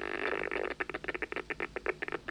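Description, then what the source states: Bat chittering, a rapid run of short squeaky chirps, densely packed at first, then separating into many distinct pulses. Bats recorded in winter.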